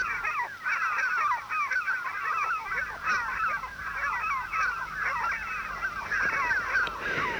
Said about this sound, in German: Horchen Sie! Hören Sie das Kreischen der unsichtbaren Seemöwen? Wenn Ihr Schrei uns gilt, wozu rufen Sie uns auf?